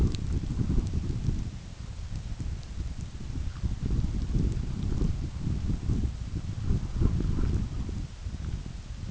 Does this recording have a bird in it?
no